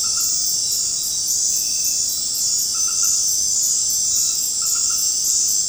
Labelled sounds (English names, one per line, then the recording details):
none
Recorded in dense forest near Puerto Asís, Putumayo, Colombia, on 19 March 2025 at 19:00
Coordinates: 0.500, -76.322
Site GP06